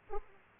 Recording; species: mosquito wingbeat signal from an infrared sensor; Aedes aegypti